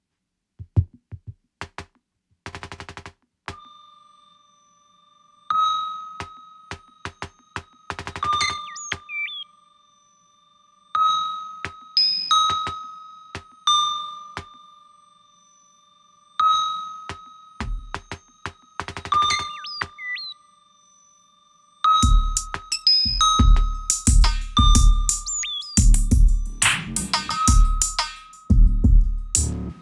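Repeated bell-like beeps ring out every few seconds over sharp clicks, then crackly fuzz and thumping low hits fill the final eight seconds.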